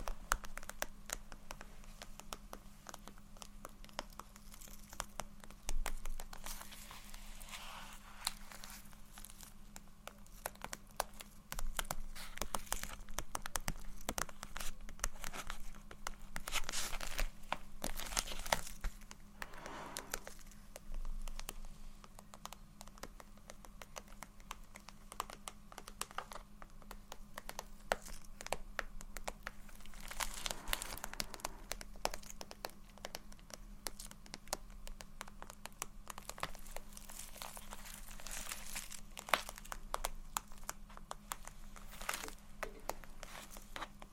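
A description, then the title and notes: Gentle tapping and scratching goes on steadily for the whole stretch, soft, with dense crinkly scrapes and small crisp ticks. Brighter bursts of scratching come around 15 to 18 seconds and again near 30 seconds, over a faint constant low hum. ASMR Low Light SoftGentle Tapping & Scratching For Sleep (No Talking).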